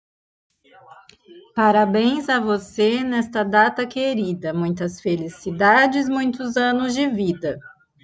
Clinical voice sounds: short text; Brazilian Portuguese; female; 40 to 49 years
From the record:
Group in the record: control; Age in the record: 40 years

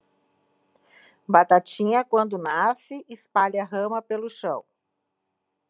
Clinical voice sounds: short text; Brazilian Portuguese; female; 50 to 59 years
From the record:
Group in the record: control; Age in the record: 50 years

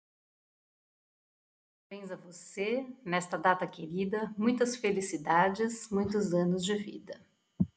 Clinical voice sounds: short text; Brazilian Portuguese; female; 50 to 59 years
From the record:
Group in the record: control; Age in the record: 52 years

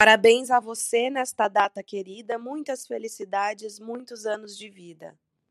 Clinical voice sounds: short text; Brazilian Portuguese; female; 30 to 39 years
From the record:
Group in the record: control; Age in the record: 30 years

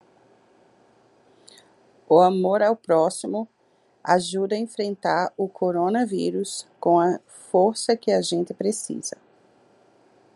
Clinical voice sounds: spoken sentence; Brazilian Portuguese; female; 40 to 49 years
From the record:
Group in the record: control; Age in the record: 43 years

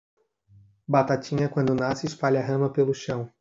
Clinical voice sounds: short text; Brazilian Portuguese; male; 20 to 29 years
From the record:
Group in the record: control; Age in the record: 21 years

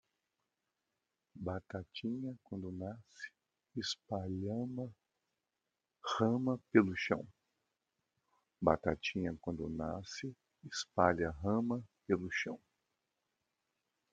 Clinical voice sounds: short text; Brazilian Portuguese; male; 50 to 59 years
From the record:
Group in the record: control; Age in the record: 55 years

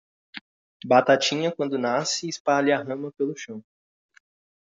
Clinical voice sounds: short text; Brazilian Portuguese; male; 18 to 19 years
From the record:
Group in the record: control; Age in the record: 19 years

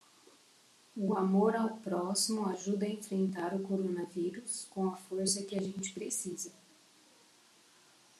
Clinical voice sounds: spoken sentence; Brazilian Portuguese; female; 50 to 59 years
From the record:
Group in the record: control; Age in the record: 52 years

